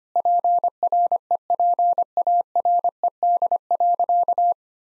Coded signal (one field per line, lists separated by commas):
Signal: Morse code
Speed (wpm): 25 wpm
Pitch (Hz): 700 Hz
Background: none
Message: PREPARED.